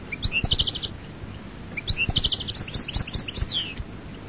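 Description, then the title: European goldfinch song: a short burst of quick tinkling trills, then a longer twittering phrase ending with a falling slur. "Chant Chardonneret"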